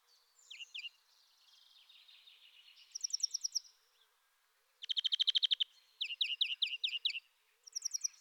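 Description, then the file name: European greenfinch song: a long wheezy, buzzing note, then bursts of rapid rattling trills and rolling twitters. "Groenling"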